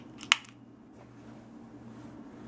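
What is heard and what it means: A snap-cap round is pushed into a revolver speed loader and locks in with a sharp, bright click at 0.3 s, with faint softer clicks just before and after. A low steady hum continues underneath, and the round is seated.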